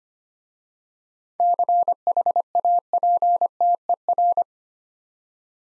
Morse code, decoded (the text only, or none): CHAPTER